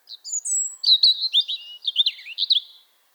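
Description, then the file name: European robin song: one long, continuous phrase of high, thin, liquid warbles and trills that rise and fall quickly, with no other sounds. "Erithacus rubecula"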